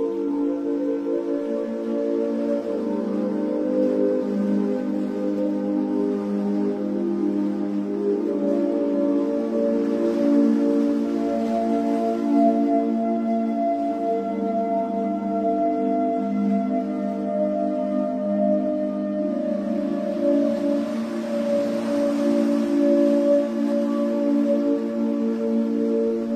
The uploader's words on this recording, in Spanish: MÚSICA para DORMIR Profundamente con OLAS del Mar Relajantes. Una música relajante especialmente diseñada para ayudarte a dormir profundamente, acompañada de hermosos sonidos de olas del mar.